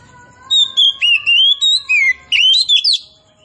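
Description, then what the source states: Oriental magpie-robin song: clear, rising and falling whistled notes given in quick succession, ending in a higher, twisting flourish. Local name kacer poci; described as gacor, singing actively.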